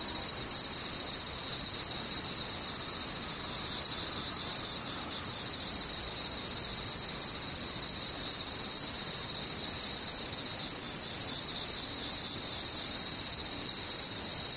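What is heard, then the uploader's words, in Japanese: Insects trill without pause, a dense, steady, high-pitched shimmer of cricket-like chirping holding the same level throughout, with a faint low hiss beneath. 無音→ムシ。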